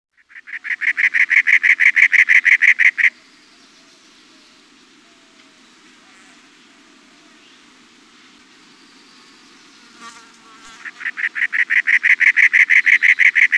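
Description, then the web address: Cactus wren song in two bouts, each a fast, steady run of rasping, chugging notes, separated by several seconds of near silence. "Peterson North American Birds"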